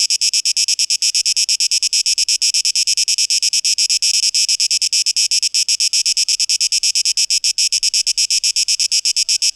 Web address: rauschpartikel Audio 2023-08-12 Zikaden (Tape Echo Mix)